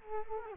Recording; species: mosquito wingbeat signal from an infrared sensor; Culex quinquefasciatus